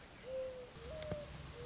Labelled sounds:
Mourning Dove (Zenaida macroura)

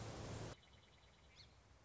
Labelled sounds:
Song Sparrow (Melospiza melodia)

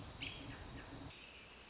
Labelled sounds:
American Robin (Turdus migratorius)

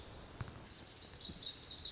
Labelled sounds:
Lazuli Bunting (Passerina amoena)

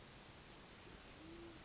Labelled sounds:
Band-tailed Pigeon (Patagioenas fasciata)

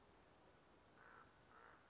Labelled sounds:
Common Raven (Corvus corax)

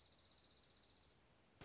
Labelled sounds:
Dark-eyed Junco (Junco hyemalis)

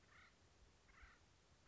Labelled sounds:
Acorn Woodpecker (Melanerpes formicivorus)

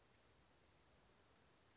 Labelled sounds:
Western Flycatcher (Empidonax difficilis)

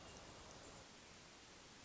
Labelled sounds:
Hermit Thrush (Catharus guttatus)

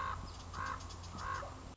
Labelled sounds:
Common Raven (Corvus corax)

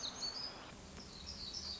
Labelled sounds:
Black-throated Gray Warbler (Setophaga nigrescens)

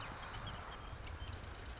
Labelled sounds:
Marsh Wren (Cistothorus palustris)

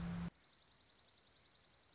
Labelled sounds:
Dark-eyed Junco (Junco hyemalis)

